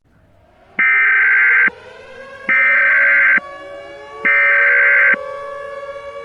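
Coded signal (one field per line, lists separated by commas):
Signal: Emergency Alert System (SAME) tones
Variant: header bursts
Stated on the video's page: Mock nationwide test, simulated, though containing valid EAS tones.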